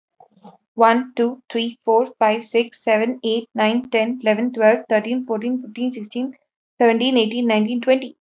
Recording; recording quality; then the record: counting at a fast pace; excellent, no background noise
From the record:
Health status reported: healthy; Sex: female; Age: 25 years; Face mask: not worn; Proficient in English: yes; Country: India